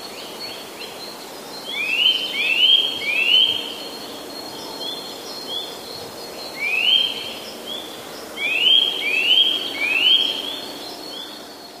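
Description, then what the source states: Eurasian nuthatch calling with loud rising whistles in runs of one to three, with fainter similar whistles in between, against constant background noise. Calls recorded in March.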